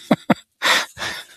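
Two quick snorts, then two long, rough, noisy breaths: a dog snoring loudly nearby.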